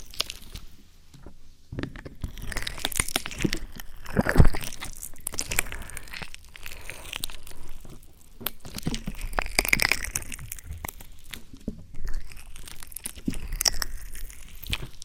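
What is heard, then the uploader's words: An ASMR ear massage with dense crinkling, rubbing and scratching close in texture, made of rapid irregular strokes that run on without pause for the whole clip. Brief louder swells come around four, ten and thirteen seconds, and a low rumble sits underneath throughout. ASMR Ear Massage.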